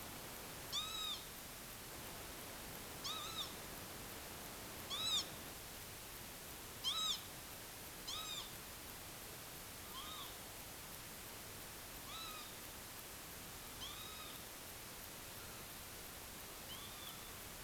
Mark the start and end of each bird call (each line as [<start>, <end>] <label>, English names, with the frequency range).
[0.73, 1.25] Northern Lapwing (0.7-8.4 kHz)
[3.05, 3.46] Northern Lapwing (0.5-8.2 kHz)
[4.90, 5.21] Northern Lapwing (0.7-9.8 kHz)
[6.83, 7.16] Northern Lapwing (0.7-9.8 kHz)
[8.07, 8.43] Northern Lapwing (0.5-9.7 kHz)
[9.93, 10.27] Northern Lapwing (0.4-4.2 kHz)
[12.06, 12.47] Northern Lapwing (1.0-5.9 kHz)
[13.80, 14.33] Northern Lapwing (0.8-7.7 kHz)
[15.39, 15.66] Northern Lapwing (0.9-2.2 kHz)
[16.70, 17.28] Northern Lapwing (0.8-4.4 kHz)